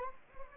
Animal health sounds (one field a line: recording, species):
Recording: mosquito wingbeat signal from an infrared sensor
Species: Anopheles gambiae